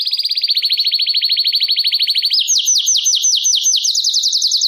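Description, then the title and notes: Domestic canary singing a fast even trill that breaks into higher, slower downward-sweeping notes repeated several times a second. Belgian canary singing, Campainha song style. "Canário Belga Campainha Canary Singing. Canario Belga Cantando"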